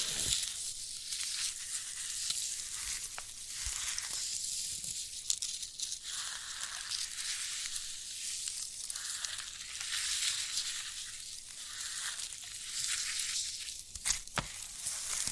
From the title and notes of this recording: ASMR of a Sprouted Coconut (No Talking).